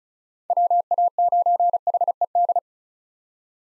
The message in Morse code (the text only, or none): WA9HED